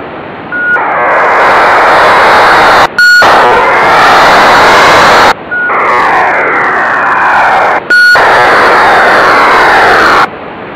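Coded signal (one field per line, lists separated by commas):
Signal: ACARS aircraft data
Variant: HFDL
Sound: four harsh hissing data bursts of about two seconds, each opening with a brief tone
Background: radio static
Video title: Decoding HFDL with PC-HFDL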